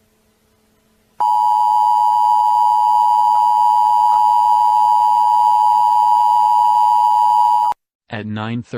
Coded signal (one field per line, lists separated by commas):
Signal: Emergency Alert System (SAME) tones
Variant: 853 and 960 Hz attention tone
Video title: scp-001 eas scenario but in the US